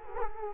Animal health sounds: mosquito wingbeat signal from an infrared sensor; Culex quinquefasciatus

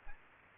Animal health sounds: mosquito wingbeat signal from an infrared sensor; Aedes aegypti

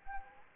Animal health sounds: mosquito wingbeat signal from an infrared sensor; Anopheles arabiensis

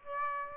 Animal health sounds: mosquito wingbeat signal from an infrared sensor; Aedes aegypti

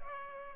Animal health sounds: mosquito wingbeat signal from an infrared sensor; Culex pipiens

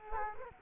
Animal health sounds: mosquito wingbeat signal from an infrared sensor; Culex quinquefasciatus

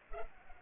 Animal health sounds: mosquito wingbeat signal from an infrared sensor; Culex pipiens

